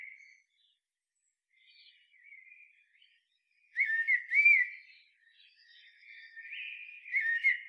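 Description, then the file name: Common blackbird song: quiet fluted notes at first, then louder rich warbling phrases with high scratchy flourishes toward the end. "Turdus merula"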